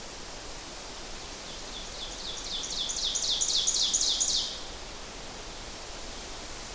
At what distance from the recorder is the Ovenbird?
about 30 m